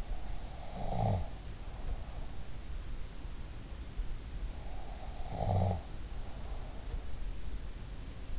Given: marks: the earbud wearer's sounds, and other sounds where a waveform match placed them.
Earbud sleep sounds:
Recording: sounds in sleep by an in-ear microphone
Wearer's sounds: snoring breath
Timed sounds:
0.00-2.80 s: snoring breath
4.40-7.21 s: snoring breath

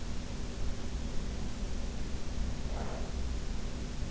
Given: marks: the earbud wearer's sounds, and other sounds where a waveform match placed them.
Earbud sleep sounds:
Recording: sounds in sleep by an in-ear microphone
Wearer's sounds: breath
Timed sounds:
2.51-3.48 s: breath

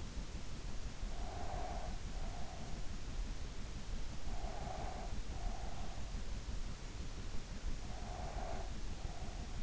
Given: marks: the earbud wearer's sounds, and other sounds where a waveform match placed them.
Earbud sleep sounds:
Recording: sounds in sleep by an in-ear microphone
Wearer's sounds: breath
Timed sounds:
1.11-2.90 s: breath
4.36-6.17 s: breath
7.95-9.63 s: breath

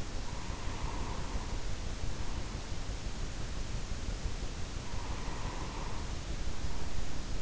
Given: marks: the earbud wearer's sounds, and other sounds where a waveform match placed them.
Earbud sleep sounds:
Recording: sounds in sleep by an in-ear microphone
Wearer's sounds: breath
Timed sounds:
0.21-2.80 s: breath
4.73-7.42 s: breath

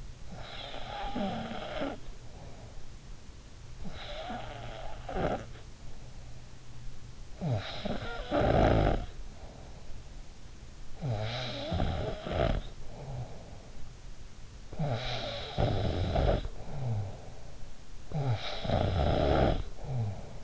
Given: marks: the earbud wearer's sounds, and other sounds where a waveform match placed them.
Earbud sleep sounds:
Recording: sounds in sleep by an in-ear microphone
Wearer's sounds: snoring breath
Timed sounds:
0.00-20.44 s: snoring breath

